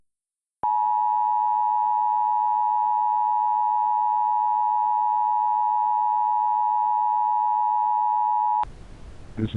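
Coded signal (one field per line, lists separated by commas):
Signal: Emergency Alert System (SAME) tones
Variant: 853 and 960 Hz attention tone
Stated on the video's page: EAS/EBS alert as shown in the TV show Bob's Burgers.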